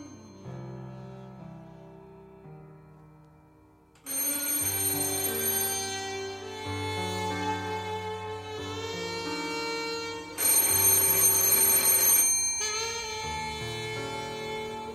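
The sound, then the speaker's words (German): A telephone rings loudly and insistently, its shrill, metallic bell tones sustained in long bursts after a few seconds of softer, low tones. No one speaks. “Wenn ich den Hörer nicht abnehme, dann wird das bereits ein Eingeständnis meiner Schuld.”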